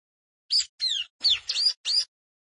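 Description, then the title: Plain prinia with a rapid phrase of five buzzy, sweeping notes, high-pitched and slightly rasping, with no other sounds. "Ciblek Sawah 1"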